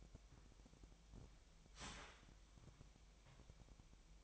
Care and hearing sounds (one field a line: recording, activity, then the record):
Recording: daily activity, microphone in the room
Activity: start toaster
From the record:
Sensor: 1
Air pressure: 1001.9 hPa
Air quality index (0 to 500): 238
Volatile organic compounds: 42 ppm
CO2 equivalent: 3184 ppm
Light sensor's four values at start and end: 11/36/13/15 and 11/36/13/15